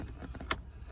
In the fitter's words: Hear that snap? That's good.